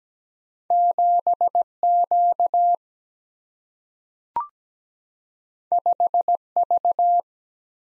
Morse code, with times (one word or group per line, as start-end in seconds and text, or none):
0.7-1.6 7
1.8-2.8 Q
5.7-6.4 5
6.6-7.2 V